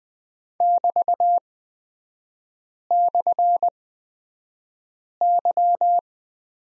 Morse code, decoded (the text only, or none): <BT>/Y